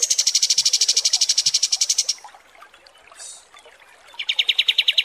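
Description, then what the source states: Pied triller song: a fast, high, even trill of sharp notes for two seconds, a pause with a brief burst, then a lower rapid trill starts again. Masteran training song (kapas tembak) for songbirds.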